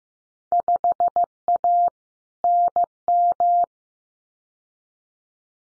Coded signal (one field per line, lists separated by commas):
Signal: Morse code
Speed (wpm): 15 wpm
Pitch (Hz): 700 Hz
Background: none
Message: 5A NM